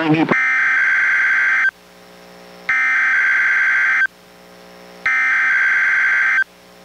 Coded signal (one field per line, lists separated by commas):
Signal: Emergency Alert System (SAME) tones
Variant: header bursts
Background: speech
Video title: EAS #733-734: 2 NWR Required Weekly Tests- Jan. 11, 2023